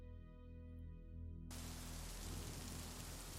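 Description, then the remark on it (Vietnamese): A low, steady humming drone gives way abruptly to the dense, even hiss of rain falling at night in Rạch Giá during the tropical depression season, which continues at a constant level to the end. “Đêm rạch giá trời lại đổ mưa.”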